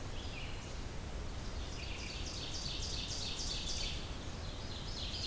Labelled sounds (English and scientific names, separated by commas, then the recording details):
Ovenbird (Seiurus aurocapilla) song
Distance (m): 55 m
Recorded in boreal forest in Alberta, Canada, on 30 June 2016 at 06:39
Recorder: SongMeter 3, array SBT-6-79
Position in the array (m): 60 m, 148 m
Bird 40